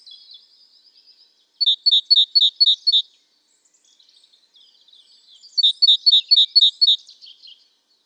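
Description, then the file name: Great tit: two rapid runs of five or six sharp, high ringing notes separated by a few seconds of near silence. "Parus major"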